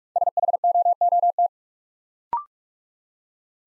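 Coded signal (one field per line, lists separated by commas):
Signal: Morse code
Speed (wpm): 44 wpm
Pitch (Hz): 700 Hz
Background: none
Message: SHOOT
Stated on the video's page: Morse practice drill at 45wpm building 5-letter words one letter at a time for instant character recognition.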